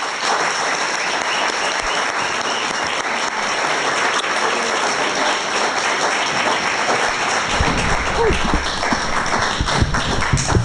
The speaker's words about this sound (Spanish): Bueno, le damos la bienvenida y el aplauso se lo dedicamos también a Lina Bodoc.